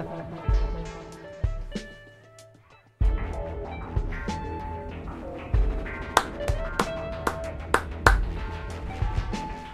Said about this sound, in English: can you please keep on clapping?